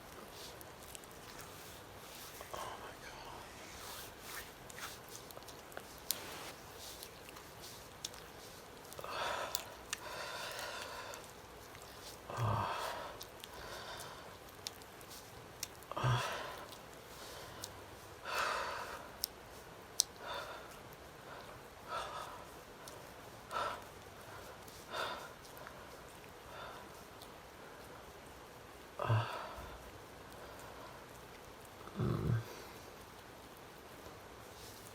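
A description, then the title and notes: A man moans and breathes heavily, with voiced groans and breathy exhales arriving in bursts every few seconds. Louder moans stand out around 12, 16, 29 and 32 seconds, separated by quieter gaps of soft breathing over a low hiss. Male moaning | heavy breathing asmr.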